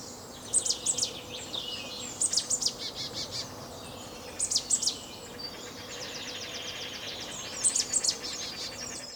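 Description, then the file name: Marsh tit calls: several clusters of sharp, very high chipping notes, separated by softer buzzy chattering phrases, over a faint low hum. "Poecile palustris"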